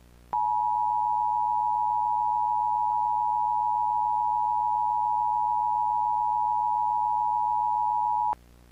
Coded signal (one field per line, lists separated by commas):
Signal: Emergency Alert System (SAME) tones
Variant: 853 and 960 Hz attention tone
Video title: EAS Mock - Tornado Emergency (2016)